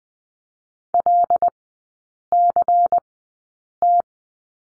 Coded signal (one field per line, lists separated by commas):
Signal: Morse code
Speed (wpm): 20 wpm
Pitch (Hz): 700 Hz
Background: none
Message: LCT